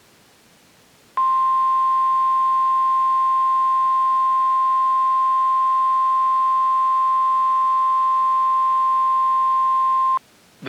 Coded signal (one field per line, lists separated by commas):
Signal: Emergency Alert System (SAME) tones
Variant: 1050 Hz attention tone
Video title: 13 Emergency Alert System captures from February 27th, 2024 (TOR x8! SVR x4, SMW x1)